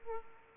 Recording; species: mosquito wingbeat signal from an infrared sensor; Aedes aegypti